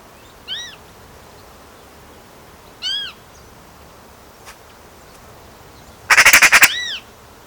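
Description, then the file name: Eurasian magpie calls: two short arched notes spaced a couple of seconds apart, then a loud, fast, harsh rattling burst near the end, followed by one more arched note. "Pica pica"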